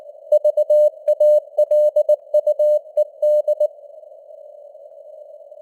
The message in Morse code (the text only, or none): VALUED